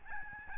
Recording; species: mosquito wingbeat signal from an infrared sensor; Aedes albopictus